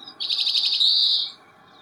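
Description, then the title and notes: Grey-capped Greenfinch giving a fast stuttering trill that merges into a long, nasal, buzzy high note, over a faint steady hum. 11 February 2022, overcast day, -5 to 9°C, park in Beijing, China; 45 greenfinches counted on the walk. "观鸟地点：北京南旱河公园. 金翅雀45只"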